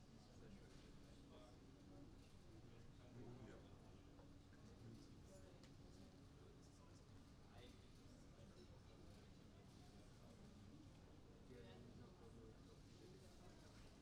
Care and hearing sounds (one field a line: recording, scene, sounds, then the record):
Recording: everyday scene through a hearing-aid microphone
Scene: many people talking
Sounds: many voices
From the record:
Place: university cafeteria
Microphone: in the ear canal, right